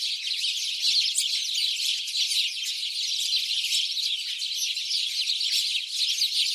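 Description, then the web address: Many house sparrows chirping at once, a busy, scratchy chatter that swells slightly in places but never stops. "SETE data Passer domesticus"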